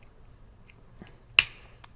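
The two halves of a plastic car key shell are pulled apart by hand after the first crack. They separate with a single sharp pop at 1.4 s, set against faint small ticks, and the case comes open.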